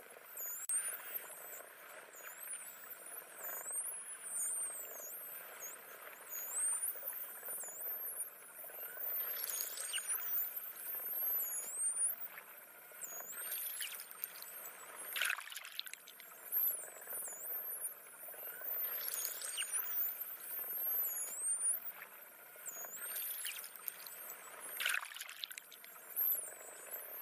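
Dolphins whistle constantly, a dense tangle of very high, rising and falling squeals overlapping throughout. Short rough bursts of clicking break through every few seconds, notably near 10, 15, 19 and 25 seconds, over a steady watery hiss.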